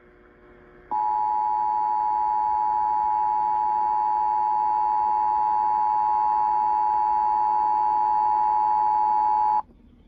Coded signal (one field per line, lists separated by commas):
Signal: Emergency Alert System (SAME) tones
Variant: 853 and 960 Hz attention tone